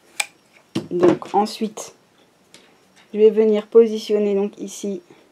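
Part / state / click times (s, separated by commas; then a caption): metal rivet part into the die of the riveting pliers / not seated / none. A metal rivet part is positioned into the die of Prym Vario riveting pliers while someone talks, with short handling ticks at about 0.2, 0.8 and 2.5 seconds. The clip ends before the part goes home, so nothing has seated or clicked yet.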